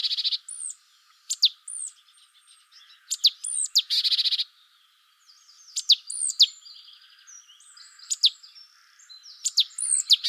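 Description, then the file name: Great tit calls: sharp high falling notes and buzzy churrs, with fainter chirps between. "Parus major"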